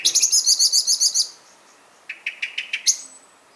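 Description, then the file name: Common blackbird with a fast string of bright chinking notes, then a few lower, softer clicks and one final sharp note. "Turdus merula"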